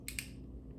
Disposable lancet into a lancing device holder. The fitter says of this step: Push the lancet into the device until it clicks